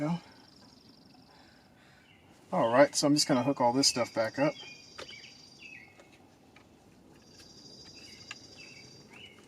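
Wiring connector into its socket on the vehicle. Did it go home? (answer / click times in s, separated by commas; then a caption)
no / none. On a 2004 Honda Pilot, after the steering rack replacement, the wiring is being hooked back up and a plastic electrical connector is handled toward its socket on the vehicle. Someone talks from about 2.5 to 4.5 seconds, followed by a few faint, brief ticks over quiet outdoor ambience with bird and insect chirps. The connector has not snapped in place yet; nothing has seated or clicked by the end of the clip.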